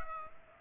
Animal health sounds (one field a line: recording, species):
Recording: mosquito wingbeat signal from an infrared sensor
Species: Culex pipiens